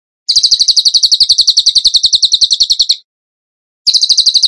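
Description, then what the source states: Bird song: a high, rapid trill of quick pulses for under three seconds, a pause, then the trill resumes. Masteran (training recording) for birds in the tembakan gacor style.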